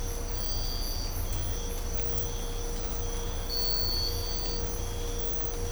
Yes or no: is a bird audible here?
no